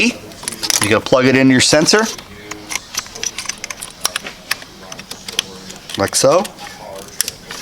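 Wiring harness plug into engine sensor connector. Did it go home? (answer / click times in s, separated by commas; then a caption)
yes / 7.2 s. A wiring harness plug for a MAXPower PRO V2 by MADNESS module is pushed onto an engine sensor connector on an Alfa Romeo Giulia 2.0 while someone talks. Several small clicks and taps are heard, and the plug snaps home with a sharp click at 7.2 seconds, seated and locked.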